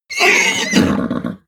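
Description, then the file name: Horse whinny: one shrill, harmonic neigh lasting just over a second, starting high and sliding into a lower, rougher, shaking ending. "horse vocal hit"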